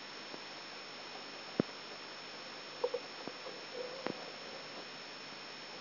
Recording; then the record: brain microelectrode recording played as sound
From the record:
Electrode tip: outside the subthalamic nucleus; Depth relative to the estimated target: -4 mm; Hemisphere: left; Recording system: AlphaMap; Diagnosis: Parkinson's disease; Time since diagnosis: 14 years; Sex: male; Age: 66 years